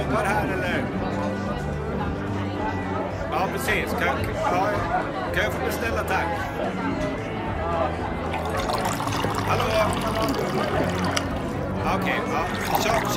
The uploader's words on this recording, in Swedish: Baren. En timme sorlande barljud.